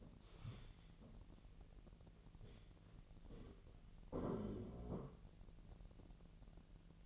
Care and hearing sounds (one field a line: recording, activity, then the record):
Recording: daily activity, microphone in the room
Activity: stand up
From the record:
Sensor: 4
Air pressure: 1002.9 hPa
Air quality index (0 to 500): 249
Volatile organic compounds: 32 ppm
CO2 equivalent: 3001 ppm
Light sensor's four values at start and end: 10/23/9/10 and 10/23/10/10